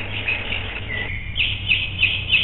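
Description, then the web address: Bird chirps, short high notes repeated at irregular intervals over a steady, muffled low hum, the sound dull and thin throughout. "Gerry Mulcahy. BIRDS"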